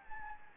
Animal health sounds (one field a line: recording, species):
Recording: mosquito wingbeat signal from an infrared sensor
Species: Anopheles gambiae